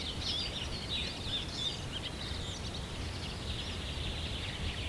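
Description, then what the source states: Birds singing at dawn, high thin chirps and short twitters overlapping against a steady low rumble of background noise. Recorded at sunrise.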